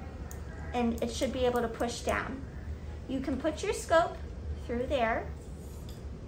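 Someone talks while a telescope is handled at the viewing obturator of a Wolf Princess resectoscope, with small handling noises around 0.3 s and 5.9 s. The telescope is to be pushed through the obturator until its nub seats in the notch, but nothing has seated or clicked yet.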